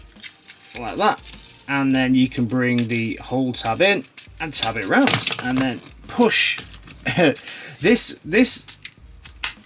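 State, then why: Seated. A plastic body panel tab of a transforming robot figure is folded in, tapped around and pushed into its slot while someone talks, with handling rattles throughout. It snaps into place with a sharp click at 9.4 s, confirming the panel has seated.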